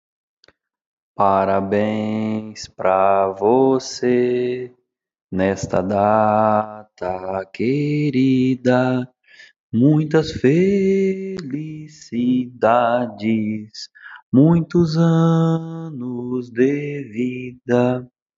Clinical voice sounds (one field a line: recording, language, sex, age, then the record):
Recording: short text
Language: Brazilian Portuguese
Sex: male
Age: 30 to 39 years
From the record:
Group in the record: control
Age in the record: 37 years